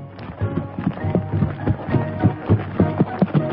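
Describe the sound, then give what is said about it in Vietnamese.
Horse hooves galloping in a steady, rapid rhythm of dull thuds and clops, heard from several miles away, with no voices over them. “Bỗng nghe đằng xa có tiếng tù già nổi lên, tiếp theo là tiếng gió ngựa từ ngoài mấy dặm vọng lại.”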